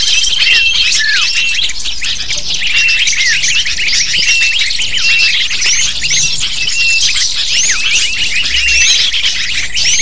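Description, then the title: Lovebird: constant high chatter from a lovebird flock, piercing chirps and squeaks packed densely together without pause. Lure (pikat) used to attract lovebirds. "PIKAT BURUNG LOVEBIRD"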